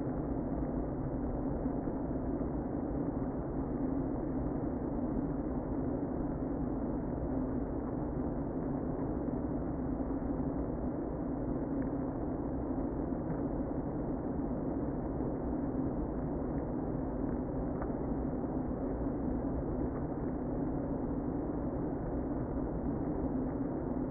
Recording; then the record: honeybee colony, microphone inside the hive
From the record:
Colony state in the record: queen present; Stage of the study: before two queens were removed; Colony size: about 60,000 bees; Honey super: yes